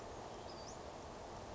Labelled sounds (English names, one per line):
Western Flycatcher